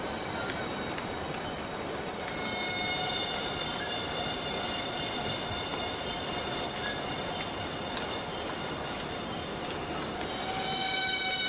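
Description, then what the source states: Cicada call, a continuous shrill whine with several sustained pure tones running through it and no pauses. Borneo rainforest.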